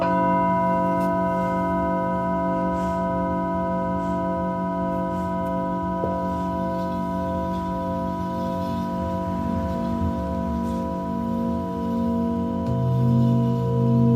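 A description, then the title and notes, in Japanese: Singing bowls ring in a sound healing session, their long sustained tones layered into a steady, humming drone with slow pulsing wobbles. The level stays even throughout, with faint light ticks scattered above, and a new low tone joins near the end. メキシコから シンギングボウルのサウンドヒーリング ライブ。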